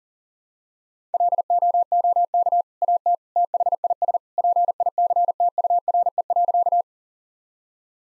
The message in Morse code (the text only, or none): LOOK AT THIS PICTURE.